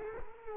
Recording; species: mosquito wingbeat signal from an infrared sensor; Culex quinquefasciatus